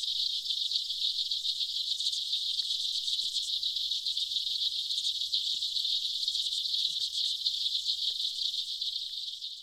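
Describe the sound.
Aquatic insects creating a steady dense high buzz of rapid ticks, briefly brighter in places, fading slightly at the very end.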